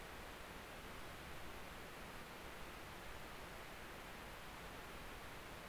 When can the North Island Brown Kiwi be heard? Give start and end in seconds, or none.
none